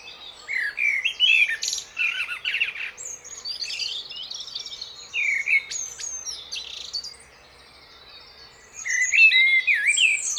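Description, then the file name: Common blackbird singing: mellow whistled notes run into squeaky high twittering for several seconds, a short pause, then a new phrase begins. "Turdus merula"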